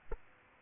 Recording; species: mosquito wingbeat signal from an infrared sensor; Aedes aegypti